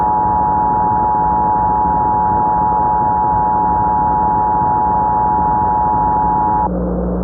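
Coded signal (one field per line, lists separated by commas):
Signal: Emergency Alert System (SAME) tones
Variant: 853 and 960 Hz attention tone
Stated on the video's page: Simulated historical EAS mock recreating the first ever Amber Alert, not a real broadcast.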